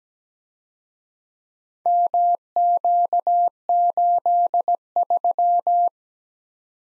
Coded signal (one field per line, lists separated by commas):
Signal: Morse code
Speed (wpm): 20 wpm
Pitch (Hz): 700 Hz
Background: none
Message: MQ83